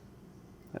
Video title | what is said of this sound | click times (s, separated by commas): Tyrant CNC Glock Tritium Night Sight Install Guide | should pop into place like so | 0.8 s